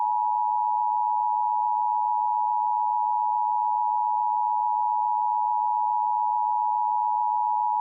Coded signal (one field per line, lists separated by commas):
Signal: Emergency Alert System (SAME) tones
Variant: 853 and 960 Hz attention tone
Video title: Merry Christmas! (EAS Scenario)